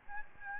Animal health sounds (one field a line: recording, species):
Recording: mosquito wingbeat signal from an infrared sensor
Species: Aedes albopictus